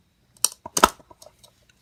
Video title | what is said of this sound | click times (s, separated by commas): bmw x5 xdrive50i DIY oil change | it clicked just | 0.4 s